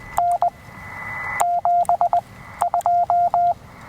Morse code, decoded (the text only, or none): N 72